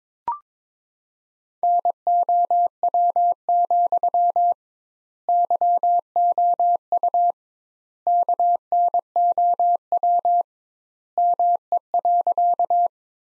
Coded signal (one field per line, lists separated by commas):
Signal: Morse code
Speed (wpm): 22 wpm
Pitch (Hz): 700 Hz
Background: none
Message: NOW, YOU KNOW ME.